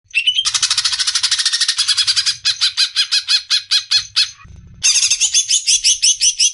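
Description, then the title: Greater green leafbird cackling song: a fast, even chain of rasping notes that then slows, a short pause, then a bright, twittering run of clipped notes. Long cackling song style (ngekek panjang), used as a master recording for training songbirds for singing contests. "mster Mnuk. MASTERAN CUCAK IJO NGEKEK PANJANG COCOK BAGI YANG MAU TARUNG KICAU"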